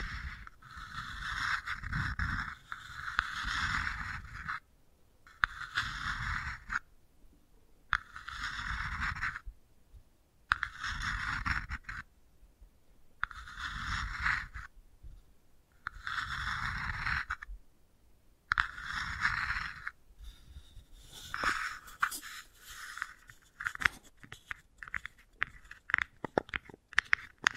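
Wooden ball triggers rolled and rubbed in regular passes, each lasting about two seconds with short silent gaps between. The scraping, crunchy texture carries a low rumble and a brighter rasp. After about twenty seconds the passes break into quick, scattered clicks and taps.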